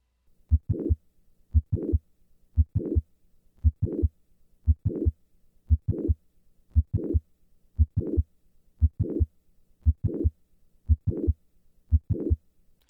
Recorded at the apex. This systolic click and late systolic murmur are typical for classic mitral valve prolapse.